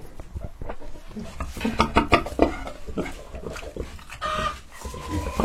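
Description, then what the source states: Domestic pigs grunting in irregular bursts. Pigs in a large, systematic family-built pig farm, recorded during a visit.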